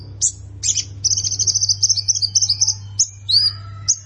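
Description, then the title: Plain prinia giving scattered high chirps, a short rapid buzzy trill, then a few sliding whistled notes, with a constant low hum in the background. "Ciblek Sawah"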